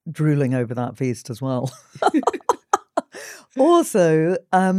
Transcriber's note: laughs